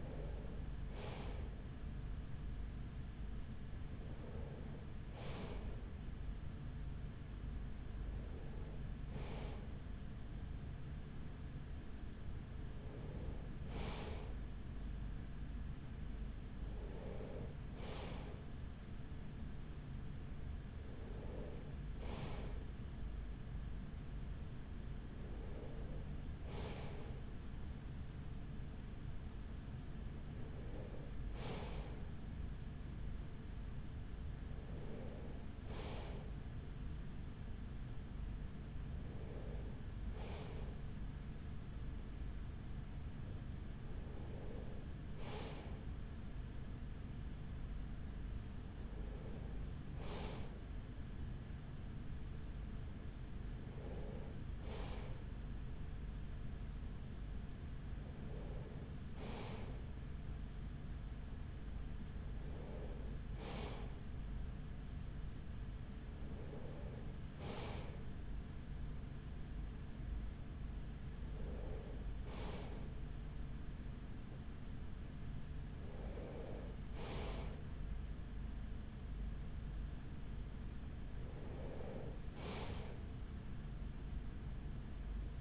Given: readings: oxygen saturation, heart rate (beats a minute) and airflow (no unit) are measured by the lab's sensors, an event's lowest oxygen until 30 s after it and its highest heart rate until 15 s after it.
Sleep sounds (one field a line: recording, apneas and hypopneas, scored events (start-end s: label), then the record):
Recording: breathing in sleep by a smartphone at the bedside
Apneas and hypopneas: none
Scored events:
none scored
From the record:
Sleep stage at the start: N3 (deep sleep)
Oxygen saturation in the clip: 94 to 95%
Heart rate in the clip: 42 to 45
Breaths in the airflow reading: 19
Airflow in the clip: -6.4 to 5.8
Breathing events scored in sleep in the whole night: 207 in 7.6 hours asleep